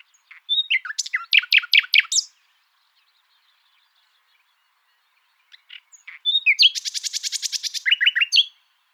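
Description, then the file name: Common nightingale song: a phrase of loud sweeping chirps repeated quickly, a long pause, then a dense buzzing trill of rapidly repeated notes. "Luscinia megarhynchos"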